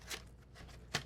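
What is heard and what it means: A plastic and cloth mop pad is slid back into the slot under an iRobot Braava Jet m6 6113 robot mop, with a soft scraping slide near the start. A sharp click at 0.9 s marks the pad snapping home, seated.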